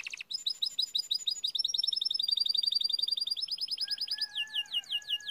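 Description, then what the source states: Canary song with fast rolling trills of repeated notes, shifting speed and pitch several times, then a steady low whistled tone under quick high chirps. Timbrado canary singing, used to teach song.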